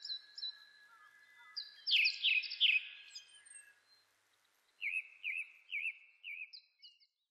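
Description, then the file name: Japanese thrush song, a burst of loud fluty notes, then after a pause a series of several repeated whistled notes. Recorded on 26 April 2006. "060426 kurotugumi"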